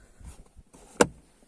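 On an Opel Corsa D, the plastic cup-holder trim around the gear lever and handbrake is pressed back into the centre console by hand. After some low handling rustle, a sharp click is heard at 1.0 s as its clips seat home. The trim settles into place and is seated.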